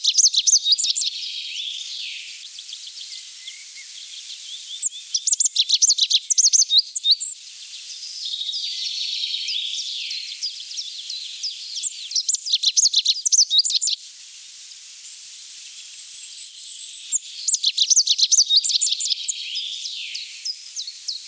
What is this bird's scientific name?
Emberiza cia